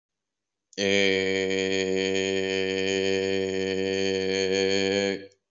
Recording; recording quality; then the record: sustained vowel as in made; excellent, no background noise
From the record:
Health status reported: COVID-19 positive, mild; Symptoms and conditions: fever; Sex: male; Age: 40 years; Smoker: not ticked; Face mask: not worn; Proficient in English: no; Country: India